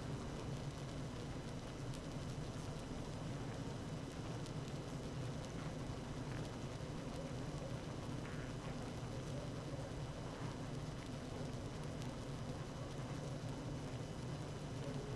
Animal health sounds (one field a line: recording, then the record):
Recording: honeybee colony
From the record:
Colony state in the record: active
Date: 12 June 2018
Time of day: 17:29